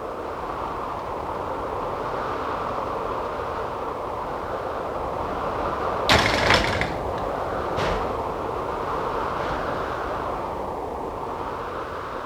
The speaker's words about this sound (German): Es geht nur der Wind. Er weht kräftig über die Heide.